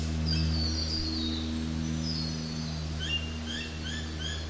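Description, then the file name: Forest birds giving thin drawn-out whistles, then a run of short repeated chirps, over a steady low engine drone. Forest birds in a forest while a prop plane flies overhead. "zapsplat nature forest birds wind trees leaves fall prop plane fly overhead"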